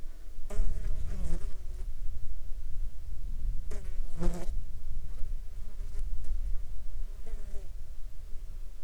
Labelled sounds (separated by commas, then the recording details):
insects
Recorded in the Arctic National Wildlife Refuge, Alaska, on 14 July 2019 at 20:06
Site 35